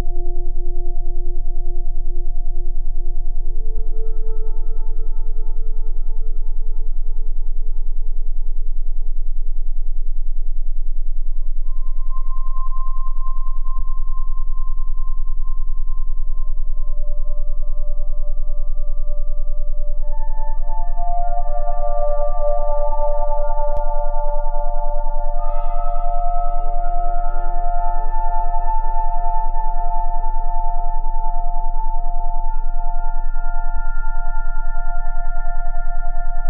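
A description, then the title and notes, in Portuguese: A steady tone piece billed as 10 Hz plus 20 Hz, with a constant low hum beneath sustained, singing-bowl-like ringing tones. New higher tones join around twenty and twenty-five seconds, thickening the sound, while soft ticks recur about every ten seconds. Frequência 10Hz + 20 Hz.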